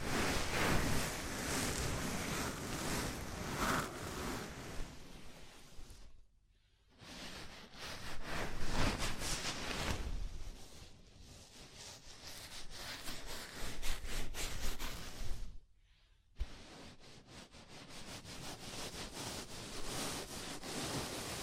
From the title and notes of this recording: ASMR Sleepy Scalp Massage (No Talking).